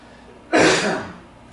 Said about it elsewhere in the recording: My sinuses are bothering me. I'm having a cough every so often. Constant sinus.